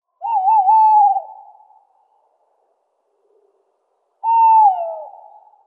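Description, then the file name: Tawny owl giving two mellow hoots about four seconds apart, the first with a quavering, wavering middle, the second sliding downward; each note fades slowly away. "Waldkauz Strix aluco"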